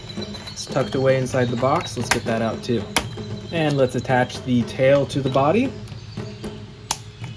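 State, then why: Seated. A plastic tail is attached to the body of a Ceratosaurus toy dinosaur figure while someone talks. A sharp click at 6.9 s shows the tail seated in the body.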